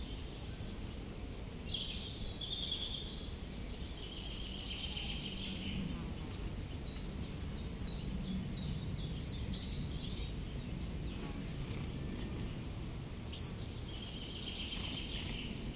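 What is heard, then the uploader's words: Birdsong fills the clip, with frequent short high chirps and trills scattered throughout and a few longer sustained whistled notes around two to five seconds and near fifteen. Underneath runs a steady low rumbling hum, and a brief sharp click stands out near thirteen seconds. Birdsong in a tunnel of bushes. Recorded by Cities and Memory.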